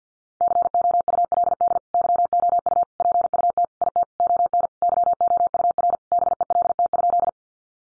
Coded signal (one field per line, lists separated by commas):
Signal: Morse code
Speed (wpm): 50 wpm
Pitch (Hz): 700 Hz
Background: none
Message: COULD YOU PUT IT ON YOUR BELT?